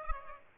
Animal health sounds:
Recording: mosquito wingbeat signal from an infrared sensor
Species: Aedes aegypti

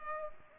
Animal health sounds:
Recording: mosquito wingbeat signal from an infrared sensor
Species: Culex pipiens

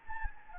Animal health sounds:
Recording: mosquito wingbeat signal from an infrared sensor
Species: Anopheles gambiae

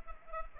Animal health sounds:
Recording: mosquito wingbeat signal from an infrared sensor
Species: Culex pipiens

